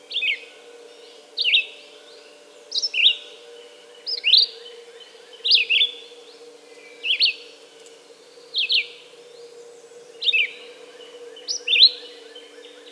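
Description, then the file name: Red-eyed vireo song of clipped, whistled phrases, repeated about every second and a half in a continuous chain, with a steady low hum behind. "red-eyed vireo song by jonathon jongsma"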